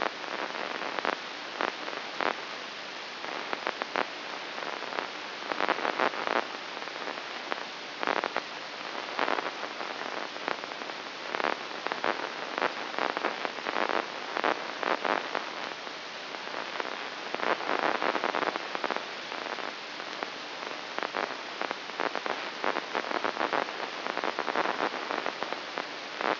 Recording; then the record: brain microelectrode recording played as sound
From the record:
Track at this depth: inside the subthalamic nucleus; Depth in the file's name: 2.405 mm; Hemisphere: right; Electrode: 3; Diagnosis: Parkinson's disease